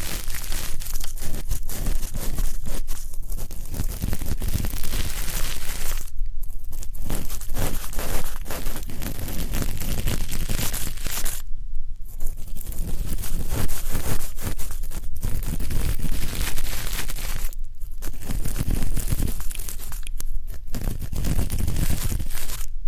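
Deep ear canal and eardrum cleaning produces a dense, continuous crackling and rustling, like paper being crumpled and torn close to the microphone. The texture stays thick and scratchy throughout, with brief quieter gaps near 6, 12, 17 and 21 seconds.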